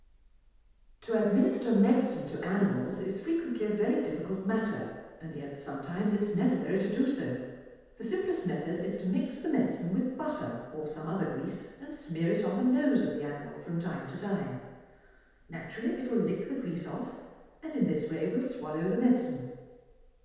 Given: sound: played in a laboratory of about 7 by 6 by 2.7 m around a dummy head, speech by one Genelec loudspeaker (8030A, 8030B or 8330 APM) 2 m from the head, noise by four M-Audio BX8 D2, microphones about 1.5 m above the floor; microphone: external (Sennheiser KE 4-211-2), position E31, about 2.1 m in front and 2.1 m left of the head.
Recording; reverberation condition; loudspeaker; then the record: female speech in English; high; 150 degrees to the right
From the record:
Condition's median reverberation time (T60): about 1300 ms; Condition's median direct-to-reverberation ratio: about -4.0 dB